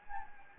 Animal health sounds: mosquito wingbeat signal from an infrared sensor; Anopheles gambiae

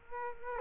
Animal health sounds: mosquito wingbeat signal from an infrared sensor; Culex quinquefasciatus

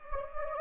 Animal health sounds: mosquito wingbeat signal from an infrared sensor; Anopheles gambiae

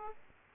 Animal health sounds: mosquito wingbeat signal from an infrared sensor; Aedes aegypti

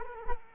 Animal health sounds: mosquito wingbeat signal from an infrared sensor; Culex quinquefasciatus

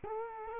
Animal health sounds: mosquito wingbeat signal from an infrared sensor; Culex quinquefasciatus

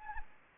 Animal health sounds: mosquito wingbeat signal from an infrared sensor; Anopheles gambiae

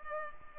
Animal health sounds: mosquito wingbeat signal from an infrared sensor; Culex pipiens

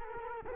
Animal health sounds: mosquito wingbeat signal from an infrared sensor; Culex quinquefasciatus

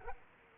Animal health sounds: mosquito wingbeat signal from an infrared sensor; Culex quinquefasciatus

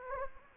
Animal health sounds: mosquito wingbeat signal from an infrared sensor; Anopheles gambiae

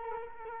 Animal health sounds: mosquito wingbeat signal from an infrared sensor; Culex quinquefasciatus

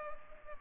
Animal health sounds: mosquito wingbeat signal from an infrared sensor; Anopheles arabiensis

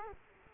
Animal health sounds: mosquito wingbeat signal from an infrared sensor; Culex quinquefasciatus

